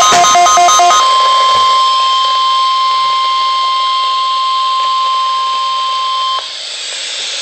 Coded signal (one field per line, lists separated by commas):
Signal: Emergency Alert System (SAME) tones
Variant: 1050 Hz attention tone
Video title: Required Weekly Test 3-21-12 (EAS#18)